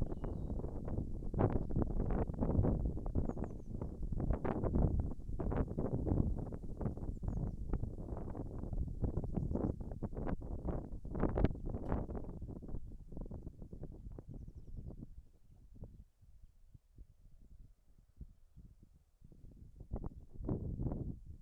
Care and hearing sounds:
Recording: everyday scene through a hearing-aid microphone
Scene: wind on the microphone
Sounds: wind, birds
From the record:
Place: in front of a rural house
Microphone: behind the ear, left, front

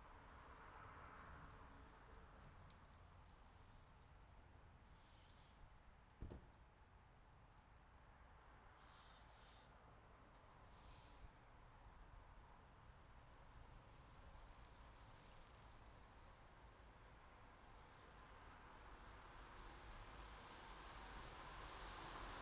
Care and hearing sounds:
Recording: everyday scene through a hearing-aid microphone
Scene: in traffic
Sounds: traffic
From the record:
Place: city secondary road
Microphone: in the ear canal, right

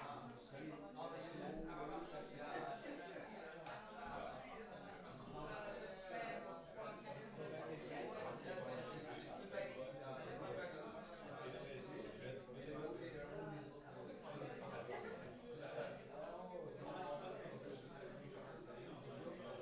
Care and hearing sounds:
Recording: everyday scene through a hearing-aid microphone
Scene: many people talking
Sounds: many voices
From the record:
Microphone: behind the ear, left, rear

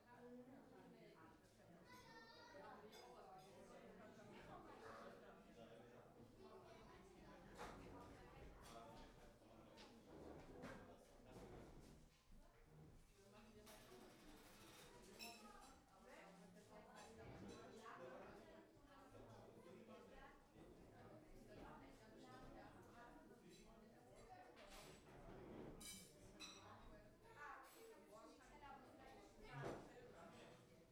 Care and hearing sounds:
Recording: everyday scene through a hearing-aid microphone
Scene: many people talking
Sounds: many voices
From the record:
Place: parish hall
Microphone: behind the ear, right, rear

